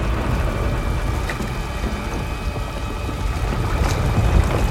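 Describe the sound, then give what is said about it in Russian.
Heavy water pours from a ceiling and splashes into knee-deep water in a steady, dense rush that swells a little louder toward the end, with faint brief spatters cutting through the continuous roar. “Под льющейся водой он падает на колени и воздевает руки.”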